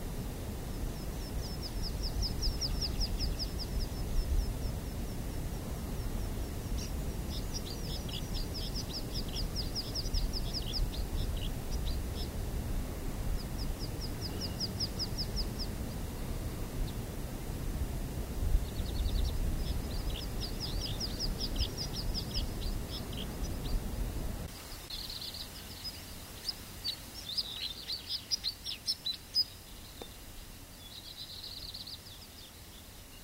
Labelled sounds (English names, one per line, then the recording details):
White-winged Snowfinch
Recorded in the wild
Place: Glocknergebiet, AT
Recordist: Brunner, Thomas